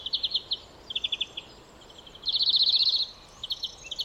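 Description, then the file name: European greenfinch with short ticking notes, then a longer fast rattling trill that holds one high pitch, and a few closing notes, over light hiss. "Chloris chloris"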